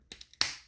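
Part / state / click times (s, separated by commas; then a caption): chest piece of action figure into torso / seated / 0.4 s. A plastic chest piece of a Transformers Kingdom Rodimus Prime action figure is pushed into the torso. A few light taps come at about 0.1, 0.2 and 0.3 seconds, then a loud, sharp snap at 0.4 seconds as the chest tabs into place and is seated.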